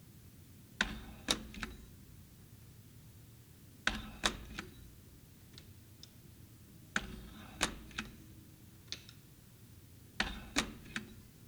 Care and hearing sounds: daily activity, guitar pickup as the sensor; manipulate door

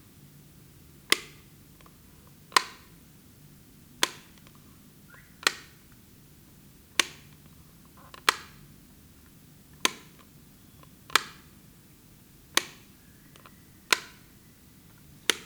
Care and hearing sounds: daily activity, guitar pickup as the sensor; operate light

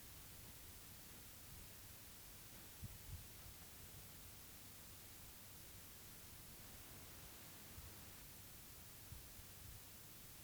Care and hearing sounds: daily activity, guitar pickup as the sensor; sit

